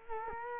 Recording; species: mosquito wingbeat signal from an infrared sensor; Culex quinquefasciatus